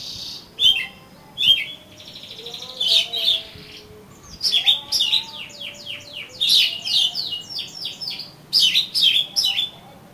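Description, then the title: Oriental magpie-robin in a varied song of whistles, buzzy trills and rapid chattering notes, growing busier toward the end. "Kacer Kacer"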